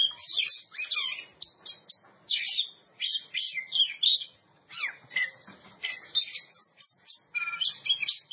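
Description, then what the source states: Oriental magpie-robin song, fast jumbled chips, harsh notes and downward whistled slurs in a steady, energetic stream. Champion bird.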